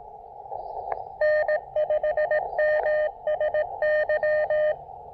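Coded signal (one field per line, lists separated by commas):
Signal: Morse code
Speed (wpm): 18 wpm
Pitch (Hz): 590 Hz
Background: radio noise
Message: N5MSY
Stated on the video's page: Morse from a POTA park activation, apparently sent with Elecraft KX2 and KXPD2 paddles.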